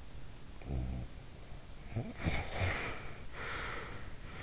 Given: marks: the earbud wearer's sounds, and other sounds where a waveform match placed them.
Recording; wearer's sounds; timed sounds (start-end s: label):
sounds in sleep by an in-ear microphone; body movement, breath
0.56-3.20 s: body movement
2.79-4.34 s: breath